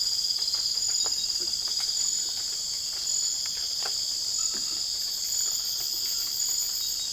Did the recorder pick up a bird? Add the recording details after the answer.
no. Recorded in secondary vegetation near Puerto Asís, Putumayo, Colombia, on 12 March 2025 at 04:00. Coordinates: 0.488, -76.319. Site G095